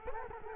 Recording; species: mosquito wingbeat signal from an infrared sensor; Culex quinquefasciatus